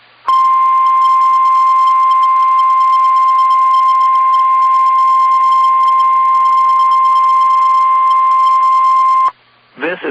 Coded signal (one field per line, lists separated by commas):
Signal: Emergency Alert System (SAME) tones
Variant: 1050 Hz attention tone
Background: speech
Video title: Required Weekly Test On KIH54 [EAS #596]